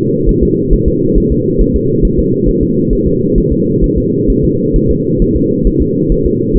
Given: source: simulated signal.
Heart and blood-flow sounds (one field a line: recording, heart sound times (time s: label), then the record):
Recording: fetal heart sounds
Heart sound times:
0.29 s: S1
0.43 s: S2
0.73 s: S1
0.88 s: S2
1.18 s: S1
1.32 s: S2
1.61 s: S1
1.76 s: S2
2.05 s: S1
2.19 s: S2
2.49 s: S1
2.63 s: S2
2.93 s: S1
3.07 s: S2
3.38 s: S1
3.52 s: S2
3.84 s: S1
3.98 s: S2
4.30 s: S1
4.44 s: S2
4.76 s: S1
4.91 s: S2
5.22 s: S1
5.36 s: S2
5.67 s: S1
5.82 s: S2
6.12 s: S1
6.26 s: S2
6.57 s: S1
From the record:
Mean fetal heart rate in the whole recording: 135 bpm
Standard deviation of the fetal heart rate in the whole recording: 3 bpm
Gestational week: 36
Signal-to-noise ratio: -11.2 dB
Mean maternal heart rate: 72 bpm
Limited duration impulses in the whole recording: present